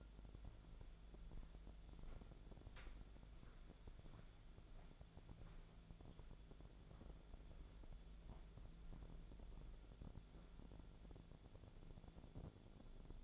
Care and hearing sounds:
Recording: daily activity, microphone in the room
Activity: walk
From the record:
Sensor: 5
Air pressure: 1008.5 hPa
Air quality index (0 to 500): 159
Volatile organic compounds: 3 ppm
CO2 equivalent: 1529 ppm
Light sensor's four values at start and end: 68/186/73/75 and 68/186/73/75

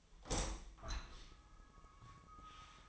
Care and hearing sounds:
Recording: daily activity, microphone in the room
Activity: open window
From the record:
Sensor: 1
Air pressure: 1004.6 hPa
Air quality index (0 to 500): 108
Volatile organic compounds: 3 ppm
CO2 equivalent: 1479 ppm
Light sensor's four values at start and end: 8/20/8/8 and 8/21/8/9

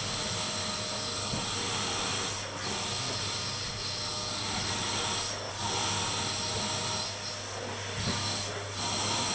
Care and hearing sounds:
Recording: daily activity, microphone in the room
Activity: vacuum cleaning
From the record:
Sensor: 4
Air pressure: 992.6 hPa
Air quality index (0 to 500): 146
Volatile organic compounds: 94 ppm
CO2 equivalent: 3712 ppm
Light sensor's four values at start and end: 16/56/21/21 and 18/62/23/24

